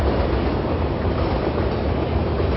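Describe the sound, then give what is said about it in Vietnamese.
A train rumbles past a place by a road and railway line in a steady, loud roar, heavy low-end rumble with broad noisy wash above it and no clear breaks, filling the whole stretch without any voices. “Nhỏ vì ở đây gần đường xe, xe lửa nữa.”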